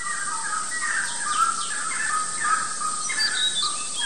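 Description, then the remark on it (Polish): A dense chorus of many birds singing and calling at once in jungle beside the Pacific Ocean in Manuel Antonio National Park, Costa Rica, overlapping chirps, whistles and trills over a steady high insect-like hiss, with no voices. “Ocean o temperaturze 30 stopni, dżungla nad samą wodą, pięknie, cicho i mnóstwo ptaków.”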